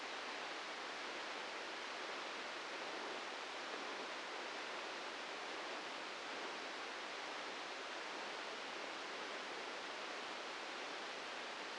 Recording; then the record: brain microelectrode recording played as sound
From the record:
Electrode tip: inside the subthalamic nucleus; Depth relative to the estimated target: -1 mm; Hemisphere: right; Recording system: NeuroSet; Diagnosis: Parkinson's disease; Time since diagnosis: 8 years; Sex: male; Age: 59 years